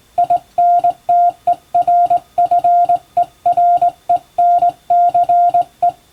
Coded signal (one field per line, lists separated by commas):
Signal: Morse code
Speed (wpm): 20 wpm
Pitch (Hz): 700 Hz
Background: none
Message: INTERFERENCE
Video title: 今では貴重！縦振り電鍵で打つモールス無線電報。かつて無線通信士という職業がありました。船と陸とをつなぐ唯一の重要な仕事でした。今でも遠洋漁業無線で使われています。morse code practice